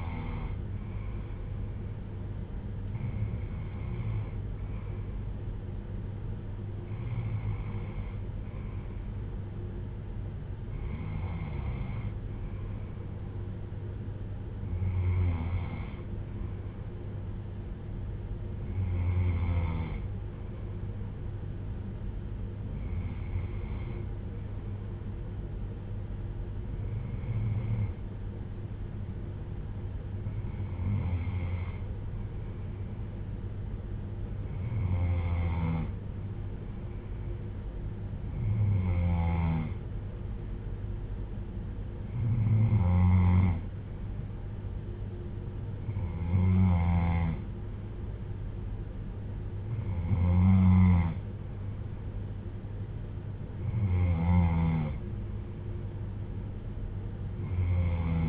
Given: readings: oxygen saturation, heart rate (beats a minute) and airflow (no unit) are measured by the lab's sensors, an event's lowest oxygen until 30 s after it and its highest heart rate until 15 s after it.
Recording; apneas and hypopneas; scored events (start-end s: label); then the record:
breathing in sleep by a smartphone at the bedside; none
none scored
From the record:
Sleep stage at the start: N3 (deep sleep); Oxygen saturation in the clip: 94 to 95%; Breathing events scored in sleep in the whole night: 310 in 8.1 hours asleep